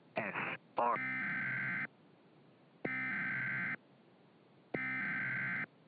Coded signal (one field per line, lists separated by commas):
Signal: Emergency Alert System (SAME) tones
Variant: header bursts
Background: speech